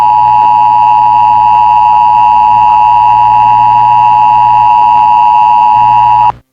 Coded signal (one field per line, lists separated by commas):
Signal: Emergency Alert System (SAME) tones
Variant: 853 and 960 Hz attention tone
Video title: Glitch_Clown.EAS_tape